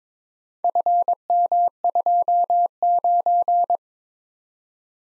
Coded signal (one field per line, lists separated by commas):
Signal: Morse code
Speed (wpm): 22 wpm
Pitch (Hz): 700 Hz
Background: none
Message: FM29